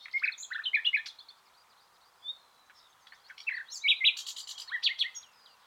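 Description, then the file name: Common nightingale delivering short bursts of chattering notes and a lone thin whistle, then a loud run of repeated sharp, clicking trills. "Luscinia megarhynchos"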